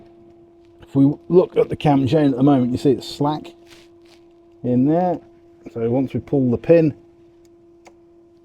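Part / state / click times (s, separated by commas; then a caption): cam chain tensioner plunger in motorcycle cylinder / released / 7.9 s. Someone talks while the cam chain in a Yamaha motorcycle engine hangs slack, then the retaining pin is pulled on the spring-loaded cam chain tensioner in the cylinder. A sharp click at 7.9 seconds marks the tensioner plunger releasing and extending to take up the slack, leaving the chain tight.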